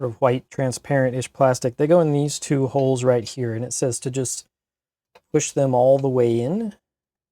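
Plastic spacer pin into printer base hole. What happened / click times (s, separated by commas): Handled, not yet home: no seating click heard / none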